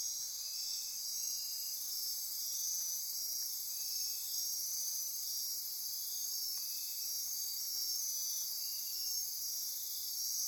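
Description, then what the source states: Insect chorus, a high continuous ringing trill with short lower phrases appearing now and then below it. Insect chorus recorded at midnight near Corcovado.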